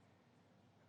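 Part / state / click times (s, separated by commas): in-line solution filter assembly onto the water line fitting of a floor scrubber / not seated / none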